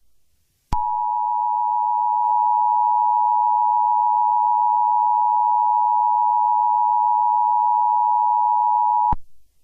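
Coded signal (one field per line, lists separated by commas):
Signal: Emergency Alert System (SAME) tones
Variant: 853 and 960 Hz attention tone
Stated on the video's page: Fictional EAS scenario, simulated.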